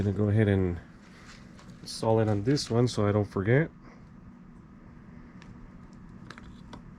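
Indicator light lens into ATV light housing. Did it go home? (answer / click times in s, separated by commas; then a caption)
yes / 6.3 s. Someone talks while preparing to fit a plastic replacement lens for the neutral/reverse indicator light into its housing on a 1987 Honda 200SX quad ATV. After the talk, a few faint taps and light plastic clicks follow. The lens snaps into place with a sharp click at 6.3 s and is seated.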